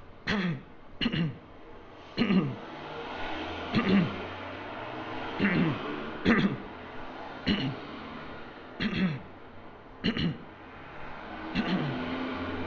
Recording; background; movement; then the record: throat clearing; traffic; sitting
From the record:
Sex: male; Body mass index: 22.0 kg/m2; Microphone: on the chest, facing outward